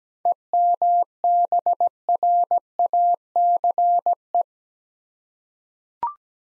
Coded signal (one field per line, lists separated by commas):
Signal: Morse code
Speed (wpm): 17 wpm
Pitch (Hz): 700 Hz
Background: none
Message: EMBRACE